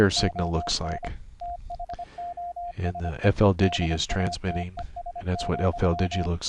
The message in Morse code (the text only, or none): ON THOSE EDATES,